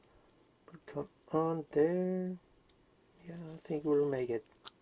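While reassembling a vintage SOM Berthiot Tele-Cinor 1:3.5 f=75mm cine lens for C or D mount, a small metal leaf spring is handled and pressed toward the lens's aperture assembly as someone talks. Nothing has seated or clicked into place yet.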